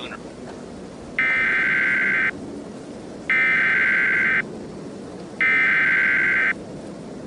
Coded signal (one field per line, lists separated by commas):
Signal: Emergency Alert System (SAME) tones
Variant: header bursts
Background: speech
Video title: Dark Storm Redux (EAS Scenario)